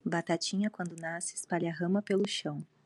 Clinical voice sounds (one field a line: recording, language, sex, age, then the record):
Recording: short text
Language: Brazilian Portuguese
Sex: female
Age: 20 to 29 years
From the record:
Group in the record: control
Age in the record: 29 years